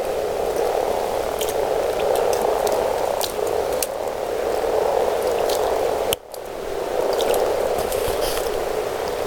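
A frog chorus of steady, grating croaks fills the whole stretch, pulsing in waves, briefly cut by a short break about two-thirds of the way through, with occasional clicks.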